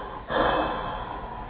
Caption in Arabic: عنده اكسبيراتوري اير واي اوبستراكشن، فيقوم ده يحول اوتوماتيك الاكسباير. الاكسبيريشن من باسيف الى اكتف. صوت الفاير بهير طويل جدا.